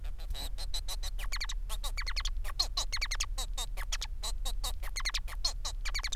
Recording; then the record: song of a male Bengalese finch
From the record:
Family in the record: son of father 4